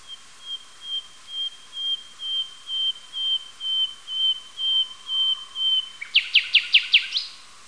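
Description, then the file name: Common nightingale song: a long run of over a dozen identical pure whistled notes, evenly spaced, then a sudden rapid burst of sharp notes. "yuzhnij solovej luscinia megarhynchos"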